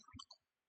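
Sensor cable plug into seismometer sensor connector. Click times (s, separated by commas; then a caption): 0.2 s, 0.3 s. A sensor cable plug is pushed with firm pressure into the sensor connector of a Streckeisen STS 2.5 seismometer. A few short clicking hits are heard, with clear clicks at 0.2 and 0.3 seconds, then quiet. The plug seats with an audible click, giving a complete, watertight connection.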